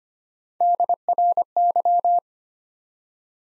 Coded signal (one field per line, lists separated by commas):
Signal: Morse code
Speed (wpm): 25 wpm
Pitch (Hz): 700 Hz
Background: none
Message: DRY